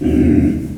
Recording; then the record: squeal of a Yucatan mini pig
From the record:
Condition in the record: after surgery on the right vocal fold (resection and tissue-engineered implant); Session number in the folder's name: 1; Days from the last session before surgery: 13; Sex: female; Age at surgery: 19 weeks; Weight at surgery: 25 kg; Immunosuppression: prednisolone